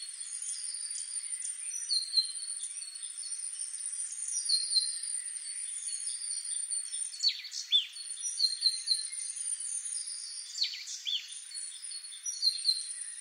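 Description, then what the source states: Marsh tit calls: sharp, high chirps and quick downward-slurred notes scattered throughout, clustering more densely in the second half, over a steady thin high-pitched whine. Recorded on 28 November 2013.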